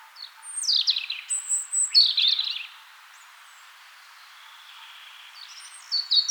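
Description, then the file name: European robin song: a phrase of high, tumbling, sweeping notes, a long pause, then a new phrase starting near the end. "Erithacus rubecula"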